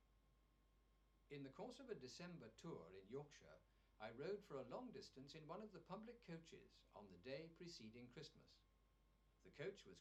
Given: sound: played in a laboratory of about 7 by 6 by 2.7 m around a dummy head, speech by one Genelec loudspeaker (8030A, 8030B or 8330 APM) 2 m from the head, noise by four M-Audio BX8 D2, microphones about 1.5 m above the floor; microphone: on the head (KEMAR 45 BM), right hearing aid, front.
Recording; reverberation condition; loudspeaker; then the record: male speech in English; low; 120 degrees to the right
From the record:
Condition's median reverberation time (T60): about 310 ms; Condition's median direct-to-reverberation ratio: about 3.5 dB